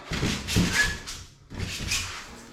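An insulated concrete form block is handled and pressed toward the top of two joined forms. Two bursts of broadband scraping and rubbing are heard, from about 0.1 to 1.1 seconds and again from 1.5 seconds to the end. Nothing has seated or clicked yet; the block is not yet snapped into place.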